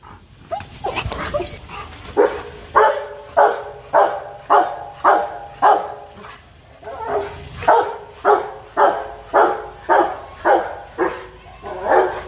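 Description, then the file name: Dog barking relentlessly, around twenty forceful barks in a fast, fairly regular rhythm with a brief lull near the middle. Dog barking fiercely. "Tieng cho sua hung du"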